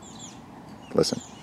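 A Bestech Shinkansen front-flipper folding knife is handled, its steel blade heading into the lock in the handle. Low background noise is heard while someone talks briefly around 1.0 to 1.2 seconds. Nothing has seated or clicked yet.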